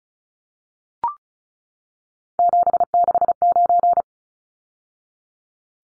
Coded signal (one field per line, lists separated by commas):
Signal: Morse code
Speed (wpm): 34 wpm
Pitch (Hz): 700 Hz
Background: none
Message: 769